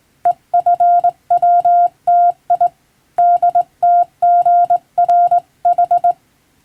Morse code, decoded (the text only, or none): EFWTI DTGRH